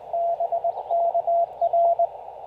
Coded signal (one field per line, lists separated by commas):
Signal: Morse code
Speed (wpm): 19 wpm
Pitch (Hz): 700 Hz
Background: radio noise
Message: BKR